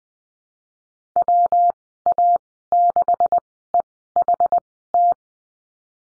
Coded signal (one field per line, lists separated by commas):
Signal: Morse code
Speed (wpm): 20 wpm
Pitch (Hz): 700 Hz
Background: none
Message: WA6EHT